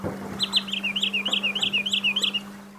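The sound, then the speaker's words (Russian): A wood sandpiper calls a quick run of sharp, high whistled notes, roughly a dozen in an even rhythm, over a steady low hum and faint background noise. “Но теперь моя цель по жизни — увидеть птицу, которая называется Фифи.”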